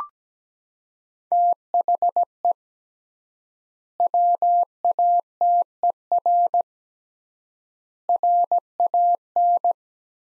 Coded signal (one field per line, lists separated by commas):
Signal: Morse code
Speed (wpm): 17 wpm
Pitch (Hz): 700 Hz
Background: none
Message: THE WATER RAN